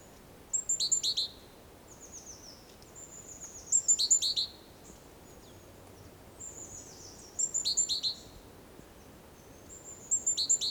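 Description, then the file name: Great tit giving quick phrases of sharp high notes switching between two pitches, repeated several times. "Parus major"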